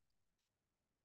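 A plastic interchangeable plug adapter is handled at the back of a USB charging block, its raised channels lined up with the slots so it can slide on. Only a faint, quiet rustle of handling is heard, with a brief soft hiss near 0.4 s. Nothing has seated or clicked yet.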